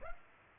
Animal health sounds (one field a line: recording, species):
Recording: mosquito wingbeat signal from an infrared sensor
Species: Culex pipiens